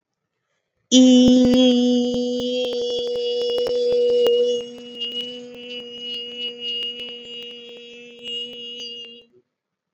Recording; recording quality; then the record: sustained vowel as in beet; excellent, no background noise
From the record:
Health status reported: recovered from COVID-19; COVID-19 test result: negative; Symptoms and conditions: none ticked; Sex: female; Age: 24 years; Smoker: not ticked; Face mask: worn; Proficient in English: yes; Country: India